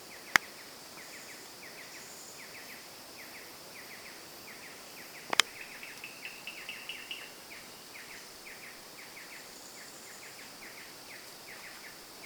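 Bird uttering short chirp clusters in steady succession, a brief louder warbled phrase midway, two sharp clicks, and a persistent high insect hum underneath.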